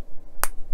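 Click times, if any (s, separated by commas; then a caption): 0.4 s. A plastic davit part for a Titanic ship model is pushed down onto its locating pegs on the model's boat deck. A single sharp click is heard at 0.4 s as the part clicks into place and seats.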